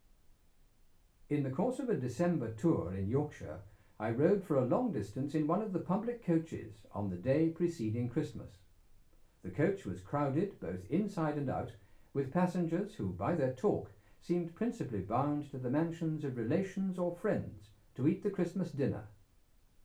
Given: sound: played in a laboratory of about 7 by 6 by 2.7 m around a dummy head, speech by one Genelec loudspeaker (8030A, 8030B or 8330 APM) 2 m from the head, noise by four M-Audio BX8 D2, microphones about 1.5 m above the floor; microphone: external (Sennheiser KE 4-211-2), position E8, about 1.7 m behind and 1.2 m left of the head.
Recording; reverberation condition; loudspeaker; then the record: male speech in English; low; behind (180 degrees)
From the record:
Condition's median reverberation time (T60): about 310 ms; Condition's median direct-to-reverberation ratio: about 3.5 dB